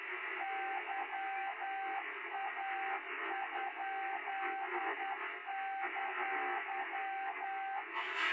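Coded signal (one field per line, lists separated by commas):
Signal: Morse code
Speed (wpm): 10 wpm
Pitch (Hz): 780 Hz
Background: radio noise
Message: YA?!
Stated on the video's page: Morse code stream played back at half speed.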